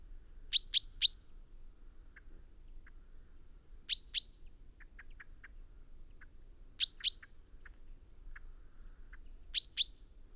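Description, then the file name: Common chaffinch repeating short metallic calls in groups of two or three every few seconds, with soft faint ticking notes between. "Fringilla coelebs"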